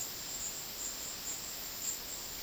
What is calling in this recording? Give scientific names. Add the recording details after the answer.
none. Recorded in dense forest near Puerto Asís, Putumayo, Colombia, on 21 February 2024 at 13:30. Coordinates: 0.500, -76.322. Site G6465